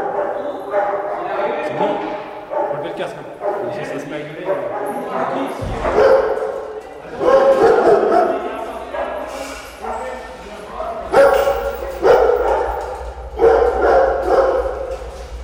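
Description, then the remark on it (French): A crowd of dogs barks and yips over one another in a constant, overlapping chorus of high, excited barks that echo strongly, with occasional whimpers and a low rumble underneath, while a person talks; the dogs are waiting for their food bowls. “Puis même, vous voyez, déjà, ça résonne énormément, alors que vous avez tous les chiens qui aboient parce qu'ils attendent la gamelle et à l'intérieur, voilà.”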